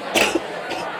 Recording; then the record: coughing mixed with background sound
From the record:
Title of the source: 61 morning phlegmy cough...again